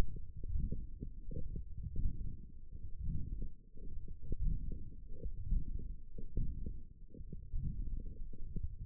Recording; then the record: forearm muscle sounds (acoustic myography)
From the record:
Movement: forearm supination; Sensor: system 1, eight BSWA MPA416 microphones around the upper forearm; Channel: 1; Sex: male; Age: 21 years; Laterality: right